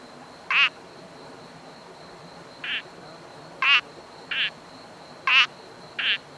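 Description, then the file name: Sri Lanka bubble frog giving three brief rasping croaks alternating with three softer, flatter notes, over a faint continuous high whine. "Uperodon obscurus"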